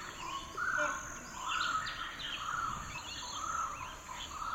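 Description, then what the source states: Bird calls in short warbled phrases repeated roughly every second, with scattered higher chirps and a steady insect hum throughout. Birds in a forest; the sound is described as a flutter.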